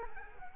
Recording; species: mosquito wingbeat signal from an infrared sensor; Culex quinquefasciatus